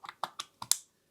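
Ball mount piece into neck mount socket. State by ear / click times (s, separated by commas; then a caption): seated / 0.7 s. A plastic ball piece of a STARTRC PHOTO magnetic action-camera neck mount is pushed into its mating socket piece. Several short plastic clicks and knocks come at about 0.1, 0.2, 0.4 and 0.6 seconds, then a loud, bright snap at 0.7 seconds. The ball is seated in the socket.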